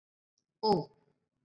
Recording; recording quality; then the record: sustained vowel as in boot; excellent, no background noise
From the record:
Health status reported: recovered from COVID-19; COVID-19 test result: negative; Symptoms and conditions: none ticked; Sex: female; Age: 33 years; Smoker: not ticked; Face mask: not worn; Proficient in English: yes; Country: India